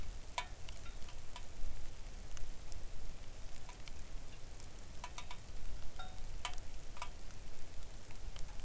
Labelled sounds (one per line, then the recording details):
rain
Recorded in the Arctic National Wildlife Refuge, Alaska, on 3 August 2019 at 05:51
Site 41